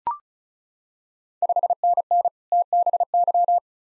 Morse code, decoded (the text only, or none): 5NN TBY